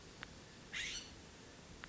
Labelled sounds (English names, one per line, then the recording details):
California Scrub-Jay
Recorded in Sonoma County, California